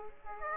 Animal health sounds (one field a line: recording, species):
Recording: mosquito wingbeat signal from an infrared sensor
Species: Aedes aegypti